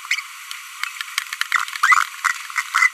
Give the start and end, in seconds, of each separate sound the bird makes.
0.11-0.20, 1.83-2.03, 2.56-2.61, 2.75-2.87